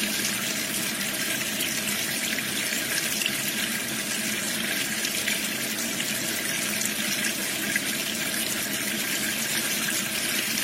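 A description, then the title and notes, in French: A tap runs with a steady, unbroken rush of water, dense and even from start to finish. The hiss is bright, with a softer low gurgle underneath where the stream hits the basin. The level never changes. Robinet qui coule.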